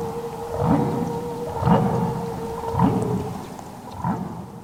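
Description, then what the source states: Humpback whale calls: low, rough rising grunts repeated about once a second, under steady droning tones. Sounds like a cross between a truck motor turning over and an eerie siren; recorded from a small boat during about 90 hours of fieldwork, of which about 70 hours were usable.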